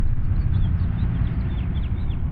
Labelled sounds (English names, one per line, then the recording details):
House Finch song
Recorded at Wantagh on Long Island, New York, on 21 May 1975
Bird D